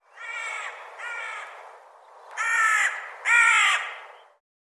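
Bird giving four harsh, caw-like harmonic calls, two softer ones followed by two louder ones.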